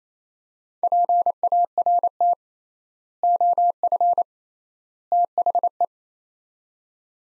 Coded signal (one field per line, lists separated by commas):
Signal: Morse code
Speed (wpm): 28 wpm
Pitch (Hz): 700 Hz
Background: none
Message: PART OF THE